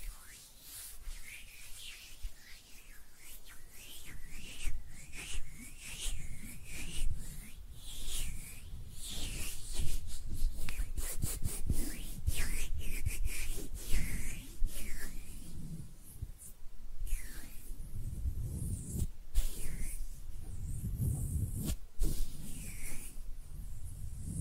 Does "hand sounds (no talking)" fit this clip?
yes